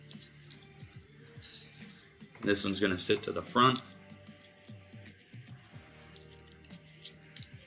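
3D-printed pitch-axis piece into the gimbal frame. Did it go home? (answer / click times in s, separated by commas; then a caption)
yes / 7.4 s. A 3D-printed plastic pitch-axis piece for a 3-axis gimbal with 9g servos is pressed into the front of the gimbal frame while someone talks, with music and small handling taps in the background. It snaps into place with two sharp clicks at 7.4 s, and the piece is seated.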